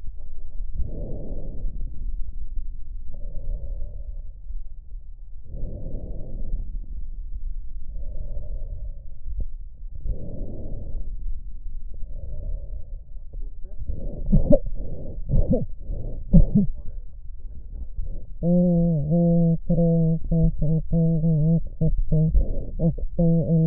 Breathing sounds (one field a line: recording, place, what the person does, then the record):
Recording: lung sounds by stethoscope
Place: left posterior apical chest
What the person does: quiet breathing, then cough and speech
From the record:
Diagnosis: interstitial lung disease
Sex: female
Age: 72 years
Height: 158 cm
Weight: 69 kg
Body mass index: 27.6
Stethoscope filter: extended mode